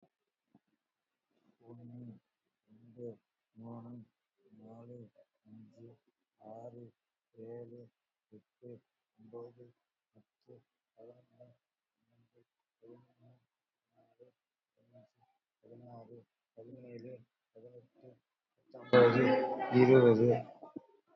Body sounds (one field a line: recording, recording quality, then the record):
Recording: counting at a normal pace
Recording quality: moderate, slight background noise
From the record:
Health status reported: COVID-19 positive, moderate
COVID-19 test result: positive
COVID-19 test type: RT-PCR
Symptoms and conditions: cold, breathing difficulty, sore throat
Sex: male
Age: 53 years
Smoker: no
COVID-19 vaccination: one dose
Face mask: worn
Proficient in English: yes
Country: India